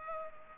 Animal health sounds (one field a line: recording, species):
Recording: mosquito wingbeat signal from an infrared sensor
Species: Culex pipiens